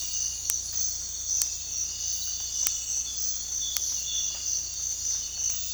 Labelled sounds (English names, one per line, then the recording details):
none
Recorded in dense forest near Puerto Asís, Putumayo, Colombia, on 16 December 2024 at 05:30
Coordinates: 0.466, -76.327
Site G075